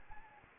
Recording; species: mosquito wingbeat signal from an infrared sensor; Anopheles gambiae